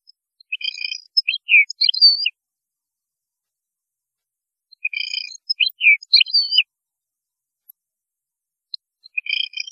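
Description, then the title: European goldfinch song: twittering phrases of high, slurred, stacked notes repeated about every four seconds, three phrases in all. "Chant Chardonneret"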